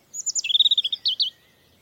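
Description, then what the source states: European robin song: a fast, high twittering series of about a dozen notes, ending in two slurred notes. Appears in European folklore; sacred to Thor in Norse mythology.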